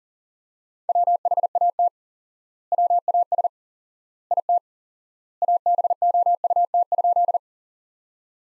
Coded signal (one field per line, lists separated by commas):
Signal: Morse code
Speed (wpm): 40 wpm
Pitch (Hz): 700 Hz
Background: none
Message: WHAT WAS IT ABOUT?